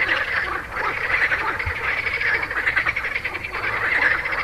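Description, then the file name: Frog chorus, continuous overlapping croaks made of quick pulses, with a brief low thump near the middle. "grenouilles"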